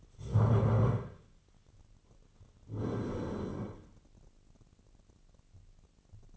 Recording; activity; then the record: daily activity, microphone in the room; stand up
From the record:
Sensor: 4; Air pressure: 1010.0 hPa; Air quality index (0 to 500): 190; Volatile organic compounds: 3 ppm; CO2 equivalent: 1369 ppm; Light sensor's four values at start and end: 37/90/37/40 and 36/89/37/40